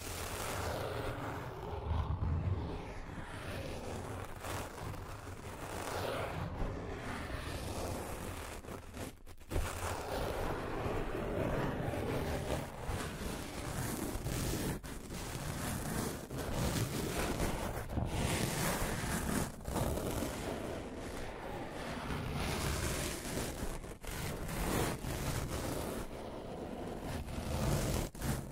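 Scratching and tracing, a dense, rough rasp that runs almost without pause for the whole half minute. Small strokes and catches flicker through it irregularly, with a brief break near ten seconds, and a low rumbling body underneath gives it a surf-like wash.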